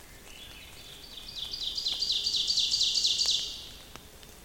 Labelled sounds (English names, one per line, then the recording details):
Ovenbird song
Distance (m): 25 m
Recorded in boreal forest in Alberta, Canada, on 29 May 2016 at 05:56
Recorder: SongMeter 3, array SBT-3-49
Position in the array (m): 32 m, 162 m
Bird 15